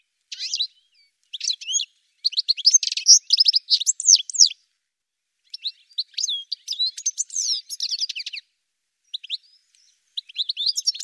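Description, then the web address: Bird calls, bursts of high, rapid chirps and twittering notes in clusters separated by short silences, with no other sound around them. "cianscape birddata"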